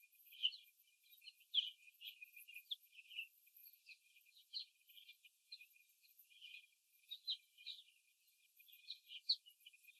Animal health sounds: young laying hens in a cage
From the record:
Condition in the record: before the stressor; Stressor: simulated dog barking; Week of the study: 2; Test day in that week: 3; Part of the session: 3

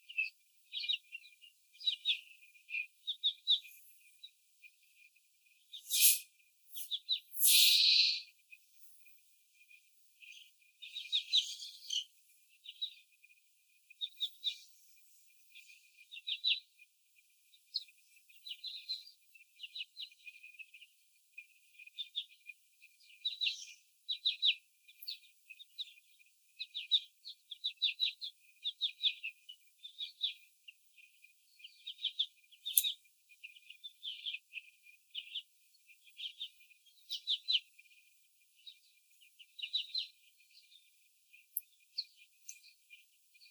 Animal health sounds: young laying hens in a cage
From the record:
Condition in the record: before the stressor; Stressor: sudden umbrella opening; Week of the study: 3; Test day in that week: 2

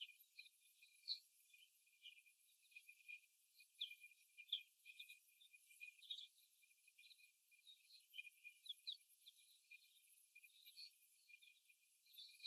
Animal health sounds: young laying hens in a cage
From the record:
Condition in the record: before the stressor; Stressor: simulated dog barking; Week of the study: 1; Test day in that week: 1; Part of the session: 3

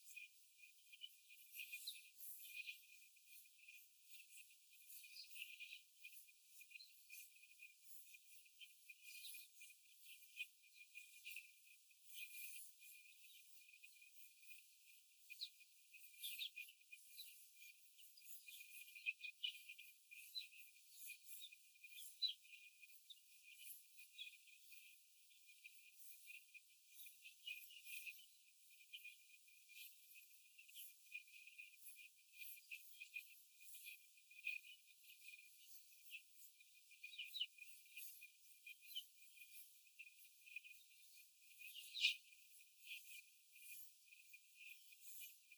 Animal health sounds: young laying hens in a cage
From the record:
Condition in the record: after the stressor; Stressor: simulated dog barking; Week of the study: 4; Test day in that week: 1

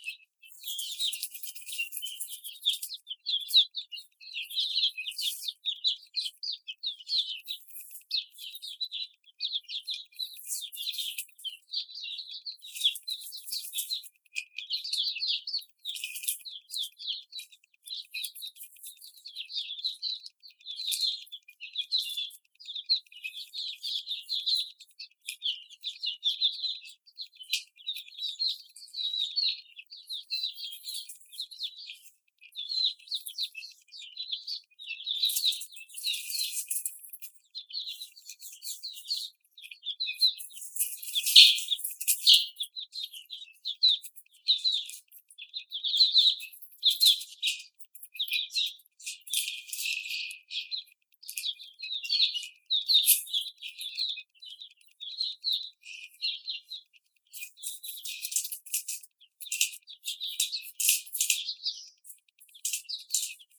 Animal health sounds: young laying hens in a cage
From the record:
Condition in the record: after the stressor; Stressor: simulated dog barking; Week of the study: 4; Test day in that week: 2

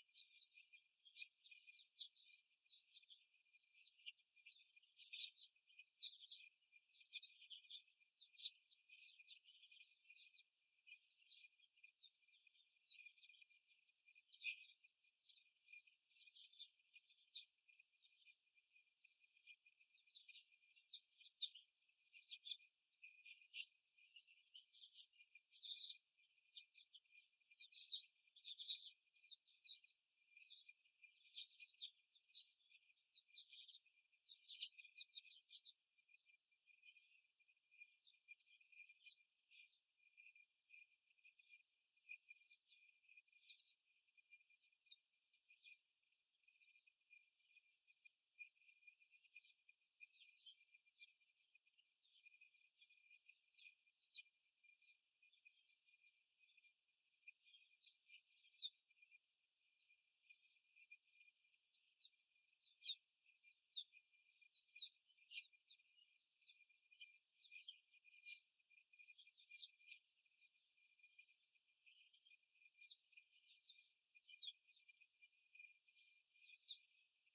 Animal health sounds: young laying hens in a cage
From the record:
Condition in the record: after the stressor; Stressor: simulated dog barking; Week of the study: 1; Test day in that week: 2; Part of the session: 1

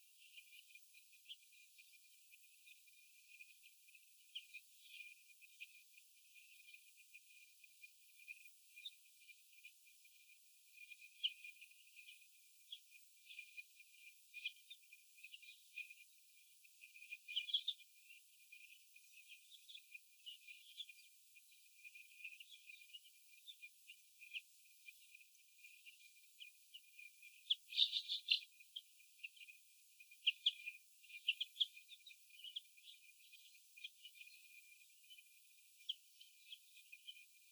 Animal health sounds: young laying hens in a cage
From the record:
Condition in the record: before the stressor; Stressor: sudden umbrella opening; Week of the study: 2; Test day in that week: 1

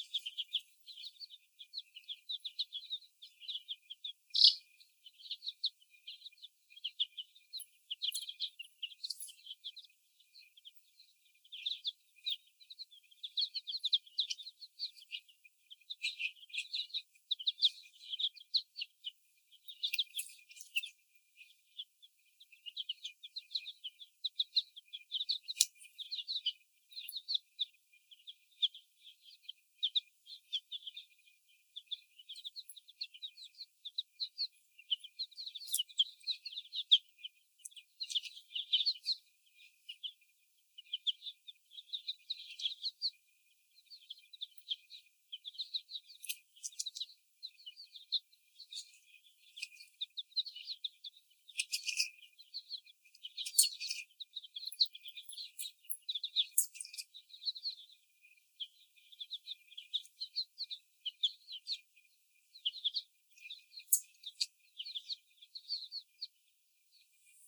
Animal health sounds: young laying hens in a cage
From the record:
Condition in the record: before the stressor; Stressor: sudden umbrella opening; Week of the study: 1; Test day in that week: 1

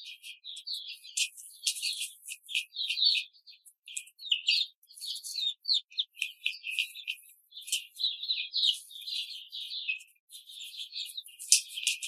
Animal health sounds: young laying hens in a cage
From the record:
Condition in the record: control cage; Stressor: none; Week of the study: 5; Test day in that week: 1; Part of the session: 1

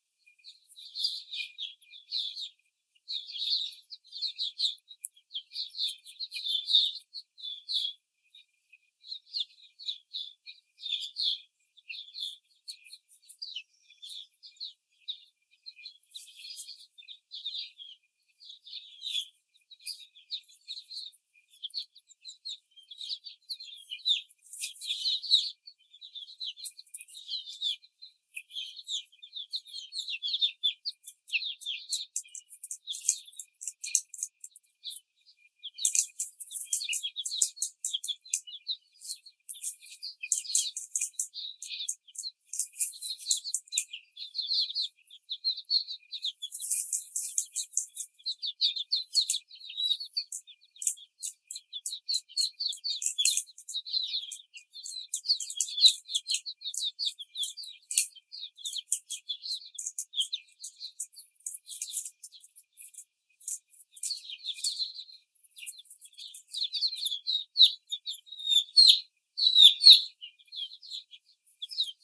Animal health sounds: young laying hens in a cage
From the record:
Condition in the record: before the stressor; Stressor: simulated dog barking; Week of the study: 4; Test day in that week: 3

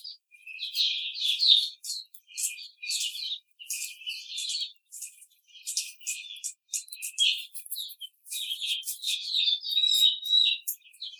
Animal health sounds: young laying hens in a cage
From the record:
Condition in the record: treatment cage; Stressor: simulated dog barking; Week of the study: 5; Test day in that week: 1

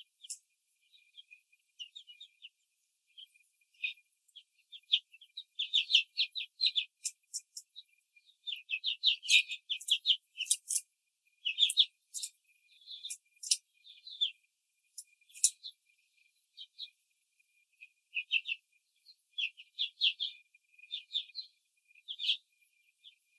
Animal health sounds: young laying hens in a cage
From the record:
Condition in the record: control cage, after the stress test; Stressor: none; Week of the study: 4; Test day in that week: 3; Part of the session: 2

